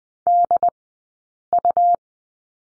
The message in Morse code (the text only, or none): DU